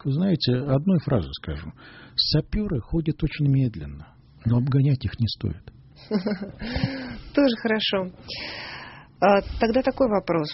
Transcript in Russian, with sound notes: Вы знаете, одной фразой скажу. Саперы ходят очень медленно, но обгонять их не стоит.
(смеется) Тоже хорошо. Тогда такой вопрос.